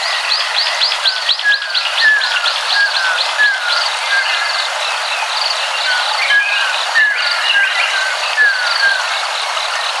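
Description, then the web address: Ruddy kingfisher song: clear whistled notes sliding downward, repeated every second or so, over a dense, steady shrill insect chorus with rapid pulsing chirps. Ryukyu subspecies. "sikioto birds ryukyuakasyobin"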